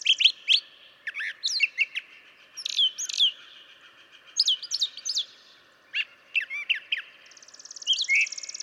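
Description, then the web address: Brown Thrasher song: varied phrases of sharp, buzzy and whistled notes, many given in pairs, separated by short pauses, ending with a dry rattling trill. "birdsongforthecurious Brown Thrasher"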